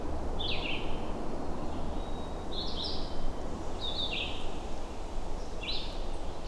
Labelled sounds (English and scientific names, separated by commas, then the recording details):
Red-eyed Vireo (Vireo olivaceus) song
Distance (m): 25 m
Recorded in boreal forest in Alberta, Canada, on 21 June 2016 at 08:23
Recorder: SongMeter 3, array SBT-6-76
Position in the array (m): 180 m, 87 m